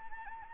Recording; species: mosquito wingbeat signal from an infrared sensor; Anopheles gambiae